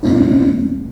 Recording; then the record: squeal of a Yucatan mini pig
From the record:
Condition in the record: after surgery on the right vocal fold (resection and tissue-engineered implant); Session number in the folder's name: 2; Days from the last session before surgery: 18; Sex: female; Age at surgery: 19 weeks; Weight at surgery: 25 kg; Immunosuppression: prednisolone